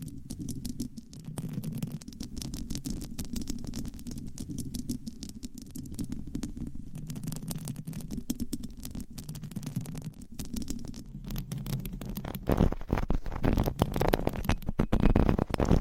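Microphone scratching fills the clip with dense, fast rustling and crackling over a low, warm rumble that swells and fades in slow waves. Around twelve seconds the scratching turns brighter and louder, with harsher bursts reaching high up through the end.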